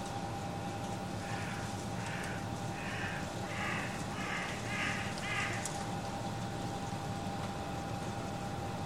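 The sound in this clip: Bird calling in a series of about seven short, harsh notes over a steady hum and background noise.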